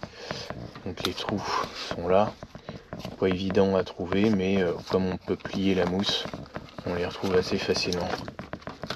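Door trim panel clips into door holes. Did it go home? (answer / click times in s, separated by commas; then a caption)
no / none. Someone talks while handling the front door trim panel of a 1992 Chrysler Le Baron convertible V6 3.0L 136 hp, lining its plastic clips up with the holes through the foam, which can be bent back to find them. A few faint handling ticks come near the start and around 8.5 to 8.9 seconds. The clips have not been pressed home yet, and nothing has seated or clicked.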